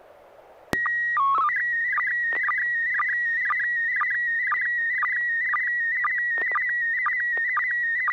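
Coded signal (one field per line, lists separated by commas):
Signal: SSTV (slow-scan television)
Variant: PD 120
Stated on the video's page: SSTV net on a 441.300 MHz FM repeater in Sacramento, ARISS event, sent with MMSSTV software.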